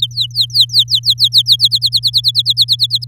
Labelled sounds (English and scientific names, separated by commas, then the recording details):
Domestic Canary (Serinus canaria) song
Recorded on 4 May 2018 at 06:25
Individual llb16